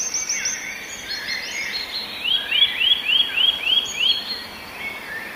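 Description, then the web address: Eurasian nuthatch slow trill: a series of about seven clear rising whistled notes, evenly spaced, with other birds calling in the background. "kowalik kowalikwolnetryle"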